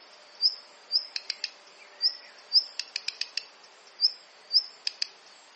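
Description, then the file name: Black redstart giving thin rising whistle notes spaced out, mixed with short rattling series of dry tick notes. "Phoenicurus ochruros - Black Redstart"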